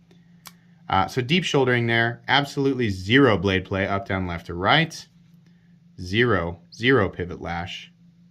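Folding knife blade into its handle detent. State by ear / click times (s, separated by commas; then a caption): not seated / none. A Q+ custom folding knife is handled while its blade is being closed by hand toward the detent in its handle, with a couple of faint ticks near the start. Someone talks throughout. Nothing has seated or clicked into the closed position yet.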